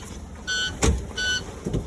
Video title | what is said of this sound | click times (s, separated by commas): School Bus: Air Brakes Prep | and it works because I heard it click. | 0.8 s